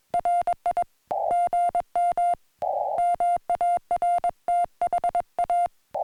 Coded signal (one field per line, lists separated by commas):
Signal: Morse code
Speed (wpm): 21 wpm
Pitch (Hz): 700 Hz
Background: music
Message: RI GM MARTHA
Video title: Celebrating 4K SOTA Points With Morse Code, 2 Meters FM, and a Surprise From a Friend